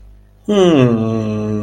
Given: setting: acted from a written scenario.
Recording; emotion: vocal sound without words; adoration